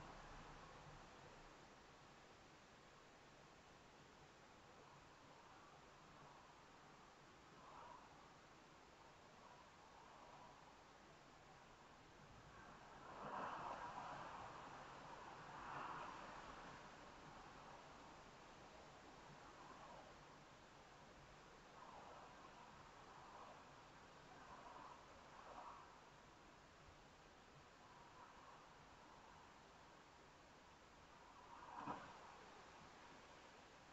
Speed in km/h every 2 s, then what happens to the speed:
18, 16, 16, 16, 15, 15, 21, 24, 24, 21, 18, 15, 11, 10, 6, 6, 3.
0-10 steady at about 16. 10-16 speeds up to 24. 16-34 slows to 3.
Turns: none.